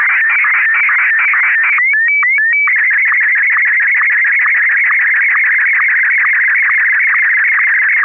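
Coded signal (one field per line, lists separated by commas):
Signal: SSTV (slow-scan television)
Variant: Martin 1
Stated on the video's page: Morse heard during an SSTV net held on a FM repeater on 441.300 MHz.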